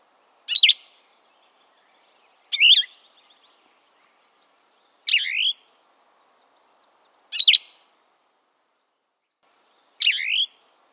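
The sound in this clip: Plumbeous Vireo repeating short phrases every two to two and a half seconds, five in all, varying in shape; no other sounds.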